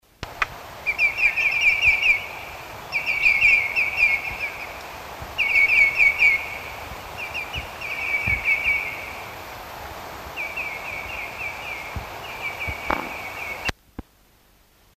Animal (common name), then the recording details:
Common Greenshank. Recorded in the wild. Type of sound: call. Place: Krombachtalsperre, DE. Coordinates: 50.6217, 8.12722. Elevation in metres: 530. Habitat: Wetland. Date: 1963-08-23. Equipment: Uher Report 4000, AKG D190. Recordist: Krey, Winfried